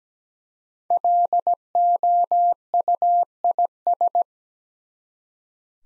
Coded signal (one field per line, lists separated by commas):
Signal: Morse code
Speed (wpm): 17 wpm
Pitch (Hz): 700 Hz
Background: none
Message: LOUIS